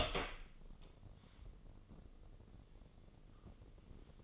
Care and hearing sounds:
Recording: daily activity, microphone in the room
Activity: open door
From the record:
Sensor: 4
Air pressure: 1013.2 hPa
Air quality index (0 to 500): 177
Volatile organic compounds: 2 ppm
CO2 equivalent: 1117 ppm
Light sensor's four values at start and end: 67/164/69/69 and 88/222/91/97

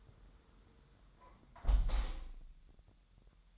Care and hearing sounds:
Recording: daily activity, microphone in the room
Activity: close window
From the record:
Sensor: 3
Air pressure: 999.9 hPa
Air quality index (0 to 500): 227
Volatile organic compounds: 99 ppm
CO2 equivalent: 3748 ppm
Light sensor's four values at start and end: 10/23/9/9 and 9/22/9/9

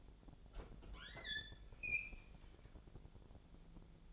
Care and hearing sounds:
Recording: daily activity, microphone in the room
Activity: open fridge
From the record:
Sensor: 5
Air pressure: 1000.1 hPa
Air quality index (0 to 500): 106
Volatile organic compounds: 1 ppm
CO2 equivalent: 856 ppm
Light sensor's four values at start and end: 199/475/201/219 and 200/478/202/221

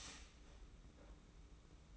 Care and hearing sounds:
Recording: daily activity, microphone in the room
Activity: start toaster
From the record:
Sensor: 1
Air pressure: 991.7 hPa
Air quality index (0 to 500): 171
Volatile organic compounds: 1000 ppm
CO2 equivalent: 6439 ppm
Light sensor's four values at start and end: 33/110/42/44 and 33/110/42/44

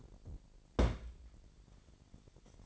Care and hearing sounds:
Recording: daily activity, microphone in the room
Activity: place on stove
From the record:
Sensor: 5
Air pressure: 1012.1 hPa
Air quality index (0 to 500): 236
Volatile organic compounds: 4 ppm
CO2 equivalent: 1566 ppm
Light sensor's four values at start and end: 51/114/49/54 and 52/117/50/55

